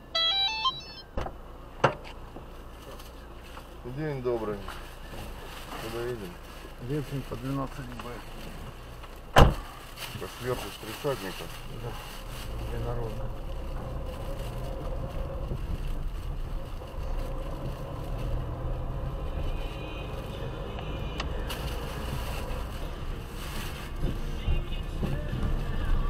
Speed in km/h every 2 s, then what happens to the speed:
0, 0, 0, 0, 0, 0, 0, 8, 12, 15, 21, 20, 18.
0-13 standing. 13-20 pulls away to 21.